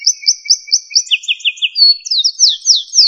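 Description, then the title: Bird calls: a rapid series of clear, sweet chirps, first high, then lower slurred notes, ending with downslurred whistles, several each second. "LuckyPassaros CompletosSama"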